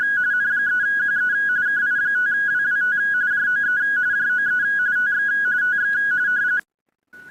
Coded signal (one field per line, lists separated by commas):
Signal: RTTY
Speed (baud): 45.45 baud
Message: N3QE KI5WWT JOE JOE TX TX